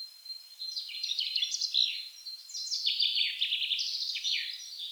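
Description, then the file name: Common chaffinch song: a few rapid phrases of bright notes, each sliding downward. "Fringilla coelebs"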